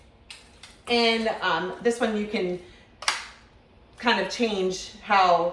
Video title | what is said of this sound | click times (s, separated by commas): Miele Canister Vacuum-Must Have for cleaning #commisionsearned #cleaningtips #founditonamazon #home | Snaps right in. | 0.3 s, 0.6 s